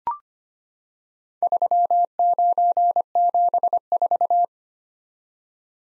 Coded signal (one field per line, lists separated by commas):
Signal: Morse code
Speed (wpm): 25 wpm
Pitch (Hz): 700 Hz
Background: none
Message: 3974